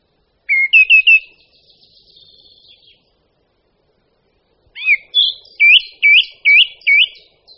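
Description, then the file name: Song thrush song opens with a rapid trill of notes and a thin scratchy run, then after a pause a loud, curling whistled phrase repeated four times. "Drozd-zpěvný"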